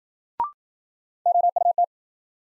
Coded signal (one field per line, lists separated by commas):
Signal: Morse code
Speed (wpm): 53 wpm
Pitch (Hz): 700 Hz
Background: none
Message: OUT